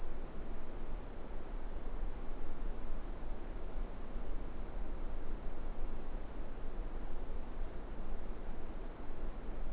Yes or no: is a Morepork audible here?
no